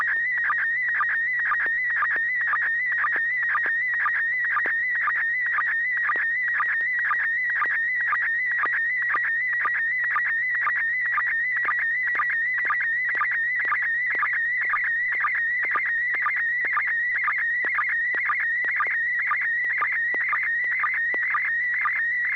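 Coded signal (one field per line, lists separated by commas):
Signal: SSTV (slow-scan television)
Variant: PD120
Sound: steady warbling tone near 2 kHz with rhythmic short low chirps about twice a second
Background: low hum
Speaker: I'll turn it over to you and see if you have something ready to send uh go ahead over okay this is pd120 n6 pgq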